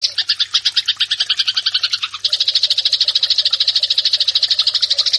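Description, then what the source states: Eurasian tree sparrow chatter: a fast, dense stream of harsh rattling chirps, shifting to a steadier, higher buzzy series about two seconds in, continuing unbroken. Eurasian tree sparrow fighting call, prepared as a master track for training birds.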